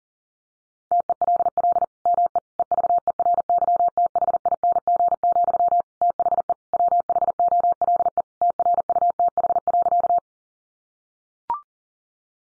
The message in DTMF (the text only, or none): none